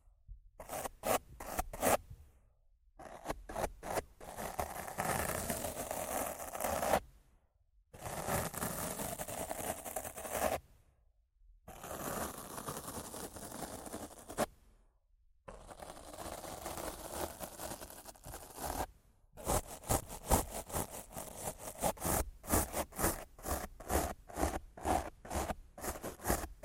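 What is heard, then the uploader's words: Rough scratching and brushing on a microphone, alternating between bursts of quick, regular scratches and longer stretches of steady, dense rubbing. Short silent gaps separate the sections, and the last several seconds return to fast, rhythmic scratching strokes. ASMR Rough Mic Scratching & Brushing (No Talking).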